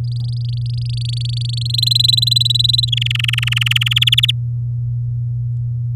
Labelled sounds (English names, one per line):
Domestic Canary song